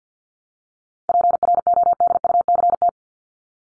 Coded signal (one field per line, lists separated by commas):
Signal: Morse code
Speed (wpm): 48 wpm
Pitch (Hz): 700 Hz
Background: none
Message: PRODUCT